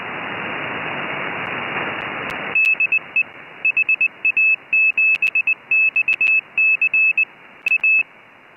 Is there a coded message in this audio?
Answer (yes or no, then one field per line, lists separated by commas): yes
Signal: Morse code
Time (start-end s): 2.6-8.0 s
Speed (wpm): 20 wpm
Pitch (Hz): 2600 Hz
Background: none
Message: DE HA7XC A